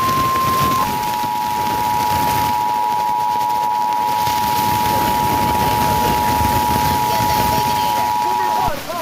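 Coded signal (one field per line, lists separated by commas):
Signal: Emergency Alert System (SAME) tones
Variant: 853 and 960 Hz attention tone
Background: speech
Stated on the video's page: Fire warning on a digital TV subchannel.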